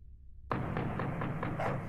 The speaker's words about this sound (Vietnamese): Tiếng đập mạnh vào cổng liên tục khiến cho con chó ở trong nhà sủa vang lên.